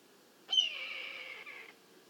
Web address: sound red-tailed-hawk. دانلود-صدای-عقاب-دم-قرمز